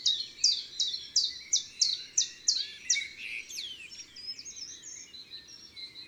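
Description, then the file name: Common chiffchaff song opens with several sharp, even notes in quick succession, followed by softer twittering and whistles from other birds. Recorded in woods and forests. "Pouillot veloce Chants doiseaux des bois et des forets"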